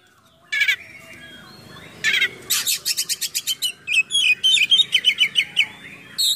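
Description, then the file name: Oriental magpie-robin song: after a quiet start, varied phrases of loud buzzy bursts and sharp whistled notes, with a fast run of rising chirps near the end. Full song with many imitated phrases (gacor, full isian), described as luxurious. "KACER GACOR FULL ISIAN MEWAH"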